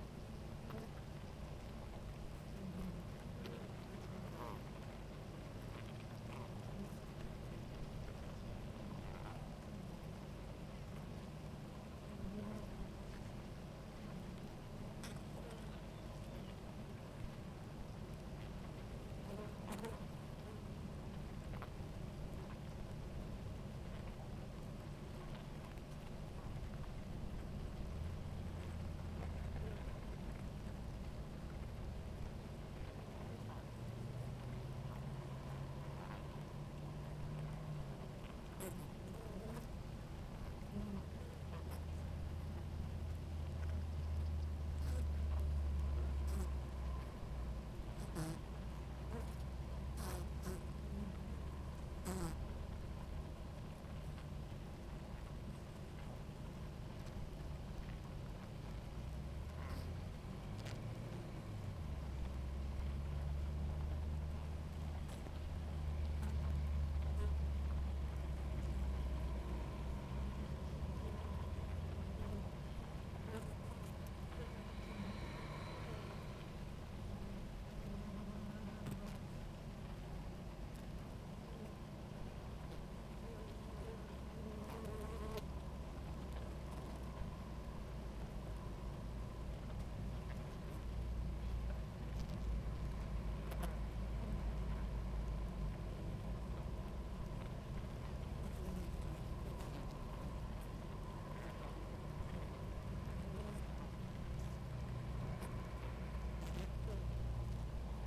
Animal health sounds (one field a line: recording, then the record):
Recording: honeybee colony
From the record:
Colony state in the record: active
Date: 28 July 2017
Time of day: 17:32